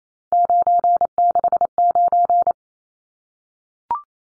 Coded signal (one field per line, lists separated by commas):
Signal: Morse code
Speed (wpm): 28 wpm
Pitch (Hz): 700 Hz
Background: none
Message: 969